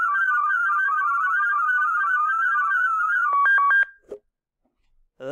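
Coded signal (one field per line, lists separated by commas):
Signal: multi-tone FSK (Olivia or MFSK type)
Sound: warbling, flute-like tones hopping rapidly within a narrow band, then brief alternating beeps and silence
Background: small room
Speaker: today we're talking about Olivia that sounds a little bit different doesn't it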